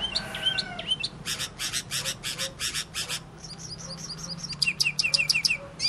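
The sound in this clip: Bird song of a fast series of harsh chattering bursts, about three per second, followed by quick high chirps and whistled notes.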